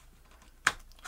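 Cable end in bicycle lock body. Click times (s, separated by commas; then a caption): 0.7 s. A BELL Ballistic 610 bicycle lock, just picked, releases its cable end from the lock body with one sharp snap at 0.7 s, spreading broadly across the highs. Two faint ticks follow near 0.9 s and 1.0 s over a quiet background. The lock springs open.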